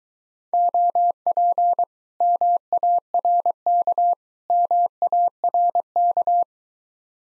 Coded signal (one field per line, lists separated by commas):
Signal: Morse code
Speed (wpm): 23 wpm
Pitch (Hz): 700 Hz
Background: none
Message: OP MARK MARK